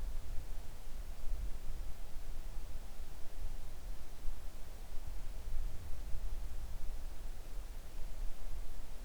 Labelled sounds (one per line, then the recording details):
near silence
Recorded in the Arctic National Wildlife Refuge, Alaska, on 3 August 2019 at 10:23
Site 41